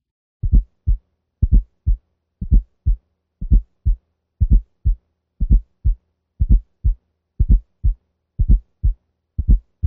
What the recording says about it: S4 at the left apex using the bell of the stethoscope. We will listen first at 60 beats per minute. The cadence of the sounds is 4, 1, 2.